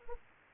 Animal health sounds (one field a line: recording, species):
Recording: mosquito wingbeat signal from an infrared sensor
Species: Anopheles arabiensis